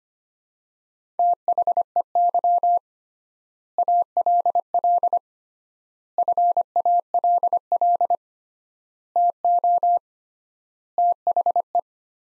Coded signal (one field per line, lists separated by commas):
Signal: Morse code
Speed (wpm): 25 wpm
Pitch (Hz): 700 Hz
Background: none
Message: THEY ALL FALL TO THE